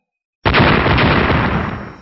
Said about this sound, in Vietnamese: Liên tiếp tiếng nổ kinh thiên động địa vang lên, màn sáng màu trắng điên cuồng chớp động.